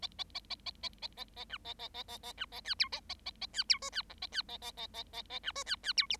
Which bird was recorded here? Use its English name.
Bengalese Finch